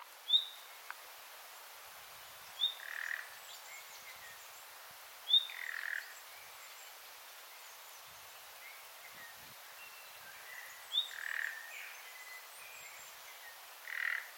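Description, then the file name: Common nightingale calls: a thin high whistle followed by a lower rasping croak, repeated at uneven intervals of a few seconds against a steady hiss. "Luscinia megarhynchos"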